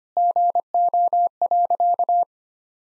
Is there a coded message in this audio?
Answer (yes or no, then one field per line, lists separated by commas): yes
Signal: Morse code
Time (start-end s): 0.2-2.2 s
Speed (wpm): 25 wpm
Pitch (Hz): 700 Hz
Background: none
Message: GO.